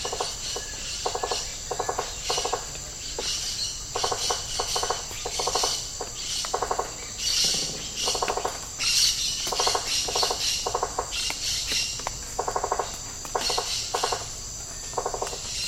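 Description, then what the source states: Insects calling in a dense chorus: a steady high hiss and bursts of rapid, pulsing chirps that repeat throughout, with short flurries of sharper high notes. Tropical rainforest habitat.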